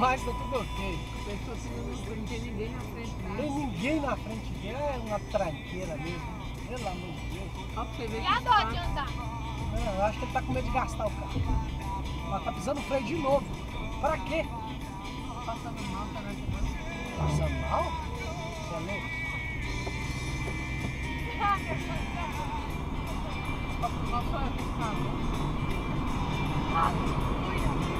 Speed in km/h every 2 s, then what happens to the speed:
60, 62, 62, 63, 65, 67, 63, 62, 61, 66, 72, 79, 87, 95.
0-9 speeds up to 67. 9-17 steady at about 62. 17-28 speeds up to 95.